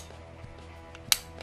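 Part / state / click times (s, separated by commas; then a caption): magazine into pistol grip magazine well / seated / 1.1 s. A magazine is reinserted into the magazine well of a compact pistol's grip and goes in nicely. After faint handling noise and a soft tick near 0.9 s, it locks in with a sharp, very audible click at 1.1 s, followed by a light tick at 1.4 s. The magazine is seated.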